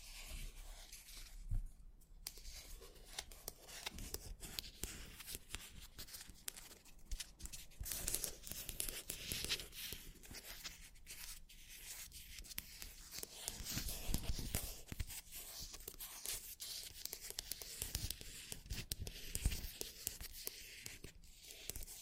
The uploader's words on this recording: Scratchy Tapping on 4 Matte Objects Plastic, Glass, Cardboard, Metal (NO TALKING).